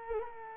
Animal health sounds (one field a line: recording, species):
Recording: mosquito wingbeat signal from an infrared sensor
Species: Culex quinquefasciatus